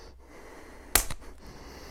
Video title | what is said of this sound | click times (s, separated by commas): E36 Rear Wheel Bearing Replacement | And it's in. Beautiful. Okay, so it just snapped in place there. | 1.0 s